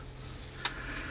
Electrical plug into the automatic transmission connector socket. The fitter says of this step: look at that and i can help to it push on it right careful until it clicks